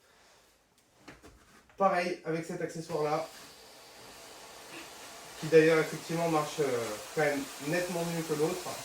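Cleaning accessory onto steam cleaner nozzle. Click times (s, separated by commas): 1.1 s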